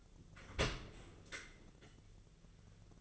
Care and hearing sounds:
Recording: daily activity, microphone in the room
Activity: open dishwasher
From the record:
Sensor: 4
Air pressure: 1001.3 hPa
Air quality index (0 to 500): 183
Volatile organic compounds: 2 ppm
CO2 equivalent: 1307 ppm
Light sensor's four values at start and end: 13/29/12/13 and 14/32/13/14

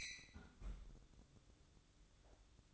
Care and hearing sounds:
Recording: daily activity, microphone in the room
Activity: close fridge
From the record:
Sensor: 3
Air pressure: 1007.7 hPa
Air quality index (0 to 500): 79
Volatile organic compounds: 1 ppm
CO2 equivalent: 678 ppm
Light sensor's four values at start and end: 13/30/12/12 and 13/30/12/12

